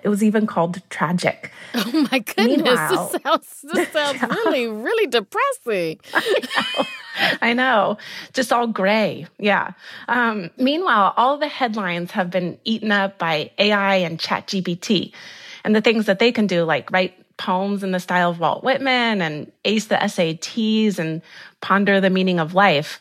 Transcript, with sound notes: It was even called tragic. Meanwhile...
Oh my goodness. This sounds really, really depressing (laughter)
I know. I know. Just all gray - yeah. Meanwhile, all the headlines have been eaten up by AI and ChatGPT and the things that they can do, like write poems in the style of Walt Whitman and ace the SATs and ponder the meaning of life.